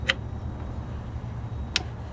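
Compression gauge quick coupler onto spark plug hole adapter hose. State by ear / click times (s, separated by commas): seated / 1.8 s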